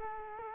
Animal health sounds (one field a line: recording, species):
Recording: mosquito wingbeat signal from an infrared sensor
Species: Culex quinquefasciatus